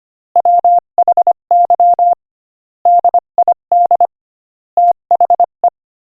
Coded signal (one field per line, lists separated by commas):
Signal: Morse code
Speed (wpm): 24 wpm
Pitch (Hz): 700 Hz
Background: none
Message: WHY DID THE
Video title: Morse Code Practice: 25 wpm Joke #9